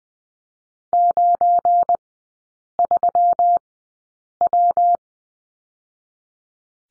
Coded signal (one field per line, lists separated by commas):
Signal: Morse code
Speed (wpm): 20 wpm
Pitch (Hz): 700 Hz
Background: none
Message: 93W